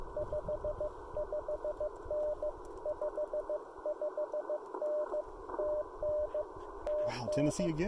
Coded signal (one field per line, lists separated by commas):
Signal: Morse code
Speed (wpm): 17 wpm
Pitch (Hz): 600 Hz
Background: speech, radio noise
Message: 55N 55N TN TN